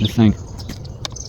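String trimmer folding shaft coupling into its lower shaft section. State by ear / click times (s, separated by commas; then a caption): seated / 1.0 s. Someone talks briefly, then the plastic and metal folding shaft coupling of an EGO cordless string trimmer is pushed into its lower shaft section. Light handling ticks lead to one sharp click at 1.0 s as the coupling locks in place.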